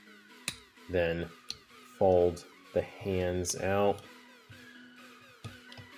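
A plastic tab on a Transformers Studio Series 86 Constructicon (Scavenger) robot toy is pushed into a slot on the toy's body, giving a sharp click at 0.5 s as it snaps in and seats. Someone talks over background music.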